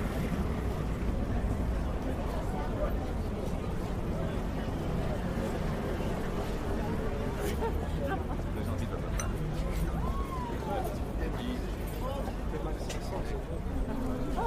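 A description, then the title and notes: Parisian cafe ambiance of steady overlapping chatter, low and dense throughout, with occasional faint clinks and a rising voice near ten seconds. Parisian Cafe Ambiance. Atmosphere of a Parisian cafe on a late night drinking a warm cup of coffee people talking.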